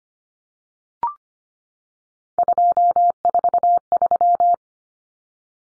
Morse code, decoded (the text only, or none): 243